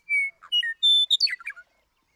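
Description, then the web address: Western meadowlark song: a long pure whistle opens, then several clear notes and a rapid tumbling, gurgling flourish, crisp against silence. "birdsongforthecurious Western Meadowlark"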